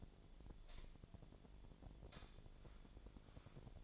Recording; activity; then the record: daily activity, microphone in the room; light on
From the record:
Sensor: 5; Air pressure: 1009.9 hPa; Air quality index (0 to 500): 160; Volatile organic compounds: 4 ppm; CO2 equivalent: 1557 ppm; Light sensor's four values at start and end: 182/462/191/206 and 181/460/190/204